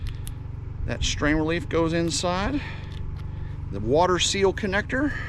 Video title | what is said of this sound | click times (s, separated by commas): 4800 WATTS OFF-GRID SOLAR UPGRADE tiny house, homesteading, off-grid, cabin build, DIY, HOW TO | till it clicks click just like that | 0.1 s, 0.3 s